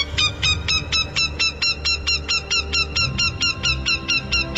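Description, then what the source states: Northern Goshawk alarm call: a rapid, steady series of sharp, harsh cackling notes, continuing throughout. Alarm call, given mainly in defense when someone gets too close to the nest.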